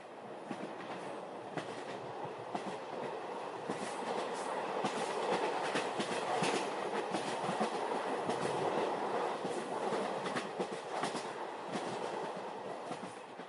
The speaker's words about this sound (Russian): Стук колес был гипнотическим. Мерный, чуть дребезжащий ритм, который отбивал по стальным рельсам пульс всей империи. Вагон слегка покачивало, словно колыбель,